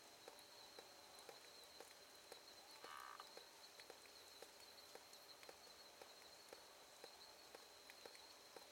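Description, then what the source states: Frog giving sharp, dry clicks repeated about twice a second over a steady high insect hum, with one brief tonal note near the middle. Recorded on 3 March 2021 in the evening, at 8:47 pm.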